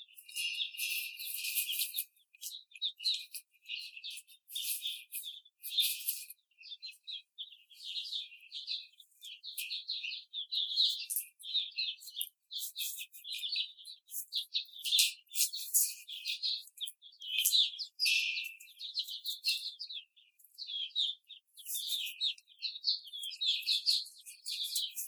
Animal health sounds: young laying hens in a cage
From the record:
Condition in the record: after the stressor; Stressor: simulated dog barking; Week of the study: 4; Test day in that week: 2

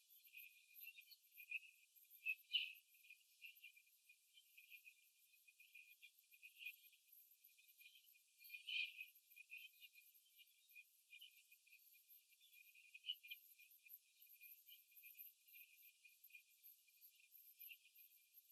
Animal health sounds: young laying hens in a cage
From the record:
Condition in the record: after the stressor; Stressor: simulated dog barking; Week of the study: 3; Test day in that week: 2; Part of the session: 2

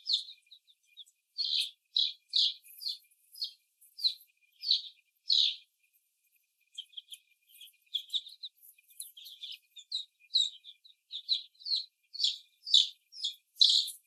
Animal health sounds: young laying hens in a cage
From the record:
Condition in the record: before the stressor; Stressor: simulated dog barking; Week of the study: 1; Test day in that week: 2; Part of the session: 3

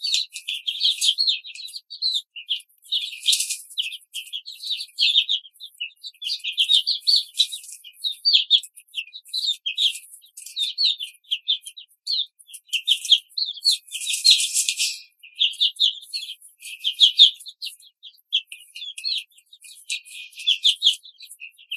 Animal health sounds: young laying hens in a cage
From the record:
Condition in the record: control cage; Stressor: none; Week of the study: 5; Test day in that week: 1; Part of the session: 2

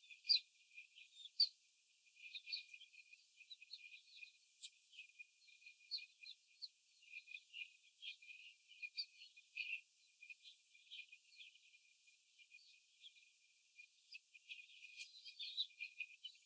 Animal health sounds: young laying hens in a cage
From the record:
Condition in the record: after the stressor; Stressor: simulated dog barking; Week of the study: 4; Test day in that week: 3

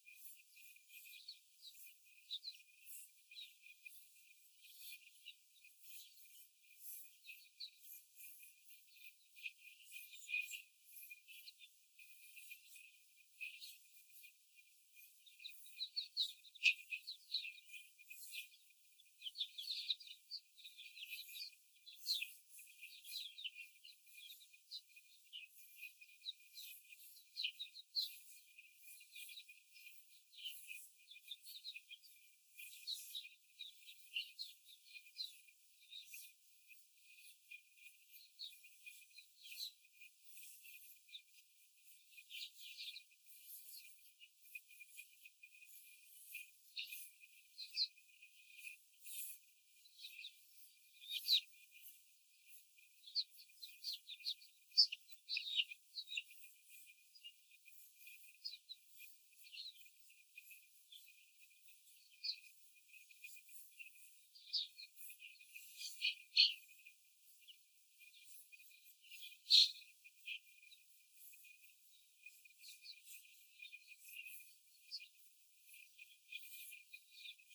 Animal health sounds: young laying hens in a cage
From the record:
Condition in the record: after the stressor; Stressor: simulated dog barking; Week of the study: 4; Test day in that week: 1

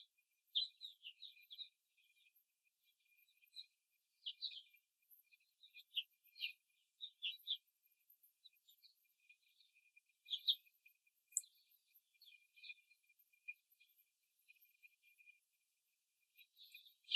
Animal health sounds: young laying hens in a cage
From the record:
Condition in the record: control cage, before the stress test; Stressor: none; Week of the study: 4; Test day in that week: 3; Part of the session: 3

